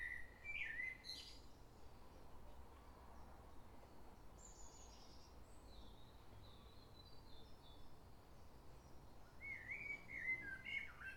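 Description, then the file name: Common blackbird song: a short fluty phrase with a high squeaky ending, several seconds of near silence with faint thin notes, then another warbled phrase; low rumble throughout. Recorded in London, England. "Blackbird Crystal Palace"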